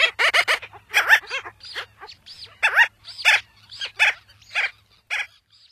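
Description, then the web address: Gull-billed tern calls: harsh, nasal, arched notes given in quick uneven series, some doubled, repeated throughout with short gaps. "Songs of Birds of North America Stokes. Gull-billed Tern"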